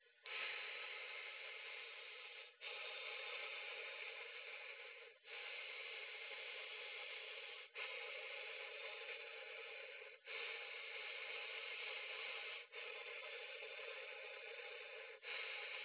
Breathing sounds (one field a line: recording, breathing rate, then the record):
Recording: paced breathing near a phone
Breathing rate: 12 breaths a minute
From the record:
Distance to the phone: 20 cm